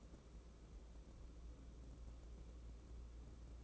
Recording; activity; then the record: daily activity, microphone in the room; take from stove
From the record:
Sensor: 1